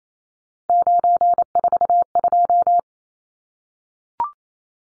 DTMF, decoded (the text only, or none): none